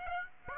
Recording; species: mosquito wingbeat signal from an infrared sensor; Aedes aegypti